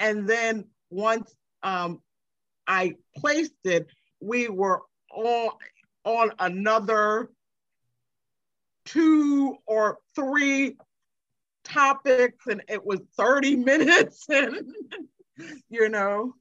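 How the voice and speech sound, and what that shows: An adult woman, a stroke survivor with aphasia, speaks haltingly with long word-finding pauses and drawn-out sounds between short phrases. She describes being unable to find a word.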